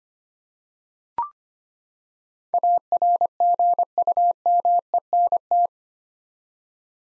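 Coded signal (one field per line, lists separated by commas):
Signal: Morse code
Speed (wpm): 25 wpm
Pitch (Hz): 700 Hz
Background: none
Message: ARGUMENT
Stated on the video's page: Eight-letter words sent in Morse at 25 wpm for head-copy practice, each word sent, then spoken, then sent again.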